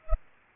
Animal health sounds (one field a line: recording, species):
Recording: mosquito wingbeat signal from an infrared sensor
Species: Aedes aegypti